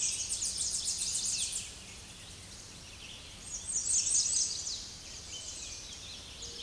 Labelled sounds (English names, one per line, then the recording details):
American Redstart song
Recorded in a Pennsylvania forest on 16 May 2024 at 07:39
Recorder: AudioMoth, point MSD-2112
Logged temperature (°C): 16.3 °C
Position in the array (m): 57 m, 233 m